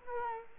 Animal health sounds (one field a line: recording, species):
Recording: mosquito wingbeat signal from an infrared sensor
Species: Culex quinquefasciatus